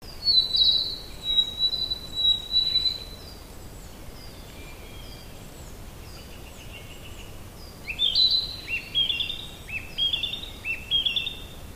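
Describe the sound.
Narcissus flycatcher song, high clear whistled phrases with quick trills, one phrase at the start and another after a pause, over steady background hiss.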